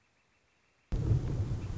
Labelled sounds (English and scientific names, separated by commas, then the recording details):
Northern Flicker (Colaptes auratus)
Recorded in Sonoma County, California